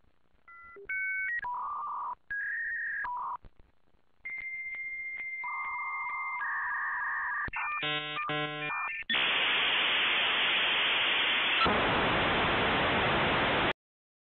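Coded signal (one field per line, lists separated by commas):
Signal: dial-up modem handshake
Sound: dialing tones, steady answer tone, warbling chirps, then loud wideband hiss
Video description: An audio spectrogram of the handshake when a modem connects - the sound you used to hear when connecting to the internet back in the days.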